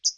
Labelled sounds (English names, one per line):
Hooded Warbler flight call